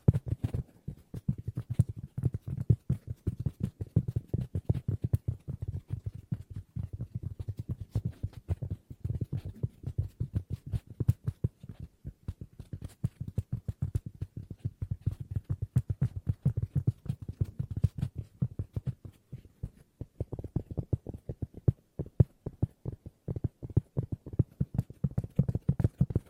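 Fast tapping runs without a break for the whole stretch, a dense stream of quick, sharp clicks over a low, thudding body. The pace stays busy and fairly even, with brief bursts of brighter taps around the twenty-second mark. No voice is heard.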